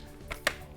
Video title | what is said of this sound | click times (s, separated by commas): E-flite EC-1500 Twin Cargo Plane Certified Partner First Look And Review | hear that click and she's ready to fly | 0.5 s